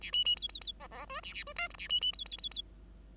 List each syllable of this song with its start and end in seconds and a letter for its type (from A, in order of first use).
0.01-0.11 A, 0.12-0.24 B, 0.25-0.36 B, 0.36-0.48 C, 0.49-0.60 C, 0.61-0.72 C, 0.80-0.87 D, 0.91-1.05 D, 1.07-1.21 E, 1.23-1.33 A, 1.33-1.44 A, 1.46-1.53 E, 1.56-1.68 F, 1.70-1.76 G, 1.78-1.88 A, 1.89-2.01 B, 2.01-2.12 B, 2.13-2.24 C, 2.25-2.37 C, 2.38-2.49 C, 2.51-2.62 C